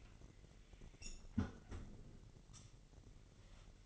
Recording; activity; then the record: daily activity, microphone in the room; close fridge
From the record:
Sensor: 4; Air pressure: 1002.7 hPa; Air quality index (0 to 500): 244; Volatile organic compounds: 18 ppm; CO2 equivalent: 2610 ppm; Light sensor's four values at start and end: 4/10/4/4 and 4/11/4/4